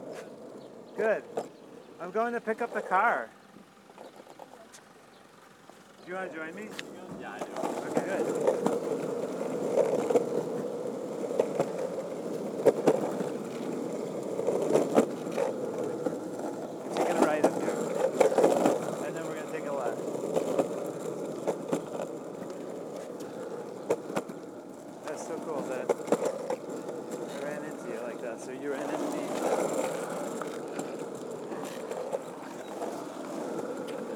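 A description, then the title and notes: Skateboard wheels roll in a steady, dense rumble centered in the low-middle range, starting around seven seconds after a quieter opening with brief voices and scrapes. The rolling stays fairly even throughout, with occasional louder clacks and bumps, notably near 18 and 30 seconds. I grabbed my board and started skating.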